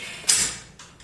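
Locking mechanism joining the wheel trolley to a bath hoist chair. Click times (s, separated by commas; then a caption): 0.3 s. The locking mechanism joining the wheel trolley to a bath hoist chair is undone and pushed in, giving a sharp mechanical click at 0.3 s that fades out, followed by two fainter ticks near 0.8 s and 1.0 s. The lock is confirmed engaged.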